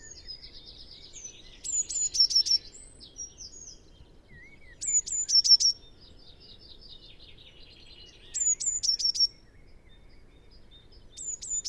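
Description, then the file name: Eurasian blue tit repeating its high, thin introductory notes and quick trill about every three seconds, with softer twittering between phrases. "Cyanistes caeruleus"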